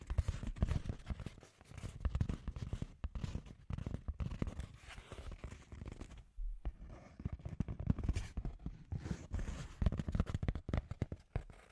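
Scratchy tapping: a dense, irregular run of dry taps and scrapes with a gritty, crackling edge and a dull low thump under many hits. It carries on almost without pause, except for a short quiet gap just after six seconds before resuming.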